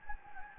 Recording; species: mosquito wingbeat signal from an infrared sensor; Anopheles gambiae